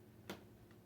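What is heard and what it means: A screw being turned backwards (counter-clockwise) in a threaded hole in a PC case or motherboard during a computer build, so its thread drops into the start of the hole and does not strip, makes a sharp small snap at 0.3 s. A fainter tick follows around 0.7 s. The thread has seated.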